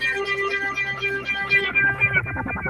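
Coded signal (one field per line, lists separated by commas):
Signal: none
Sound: guitar music notes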